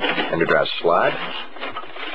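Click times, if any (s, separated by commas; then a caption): none. A hard drive fitted with snap-on plastic rails is handled at the aluminum case's drive bay of a Cooler Master Mystique while someone talks. Soft rubbing and handling noise sits under the voice, with a brief sharper sound near 1.8 s. Nothing has seated or locked into place yet.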